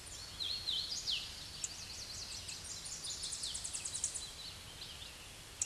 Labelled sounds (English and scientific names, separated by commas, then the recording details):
Tennessee Warbler (Leiothlypis peregrina) song
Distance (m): 35 m
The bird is about 10 m above the microphone
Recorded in a Pennsylvania forest on 16 May 2024 at 07:54
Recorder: AudioMoth, point MSD-0814
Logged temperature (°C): 15.8 °C
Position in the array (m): 128 m, 104 m